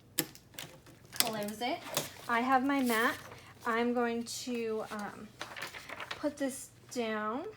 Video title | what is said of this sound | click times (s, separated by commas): Cricut Infusible Ink Pens to Make A Tote! | press till I hear it click, | 0.2 s